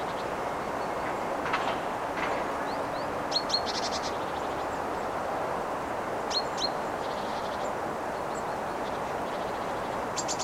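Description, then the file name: Great tit calls: a few rasping chatter bursts and sharp high chirps spread throughout, with a continuous low rumble behind them. "Parus major"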